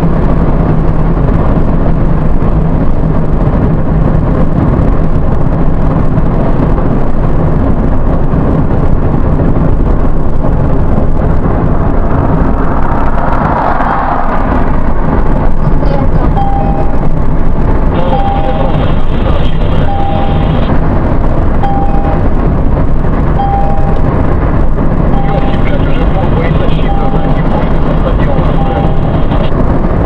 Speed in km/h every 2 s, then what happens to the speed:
101, 100, 96, 94, 90, 88, 87, 88, 90, 90, 92, 94, 94, 94, 94.
0-11 slows to 87. 11-30 steady at about 92.